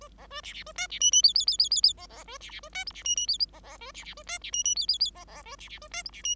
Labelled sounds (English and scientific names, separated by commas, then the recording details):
Bengalese Finch (Lonchura striata domestica) song
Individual Bird5